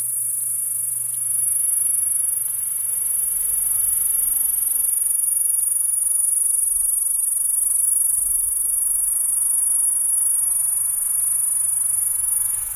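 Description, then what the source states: P. catenata giving a continuous high-pitched buzzing trill, steady throughout with slight swells in loudness, over a low rumble. Recorded at Grabow.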